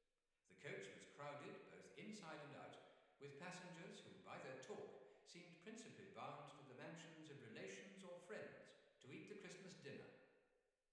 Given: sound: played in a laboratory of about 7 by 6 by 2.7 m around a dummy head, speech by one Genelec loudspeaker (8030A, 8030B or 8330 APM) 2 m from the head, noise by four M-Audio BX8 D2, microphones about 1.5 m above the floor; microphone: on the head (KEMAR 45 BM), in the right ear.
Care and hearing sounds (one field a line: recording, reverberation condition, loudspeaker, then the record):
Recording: male speech in English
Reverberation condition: high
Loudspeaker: 90 degrees to the right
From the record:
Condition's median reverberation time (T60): about 1300 ms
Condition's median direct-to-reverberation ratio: about -4.0 dB